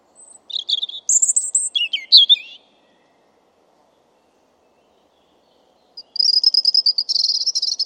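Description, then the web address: European robin song: a varied phrase of high whistles and tumbling warbles, about three seconds of silence, then a second phrase of rapid, thin, shimmering trills. "Deverinetal 2025"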